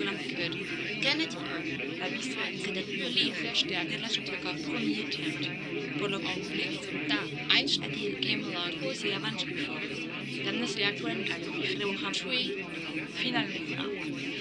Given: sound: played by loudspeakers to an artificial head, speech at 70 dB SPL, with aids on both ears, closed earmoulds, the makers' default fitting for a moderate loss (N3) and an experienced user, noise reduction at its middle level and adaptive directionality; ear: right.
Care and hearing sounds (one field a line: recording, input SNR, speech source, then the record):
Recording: speech test signal (ISTS) in cocktail-party noise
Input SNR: -6 dB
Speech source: in front (0 degrees)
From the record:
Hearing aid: class 2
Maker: D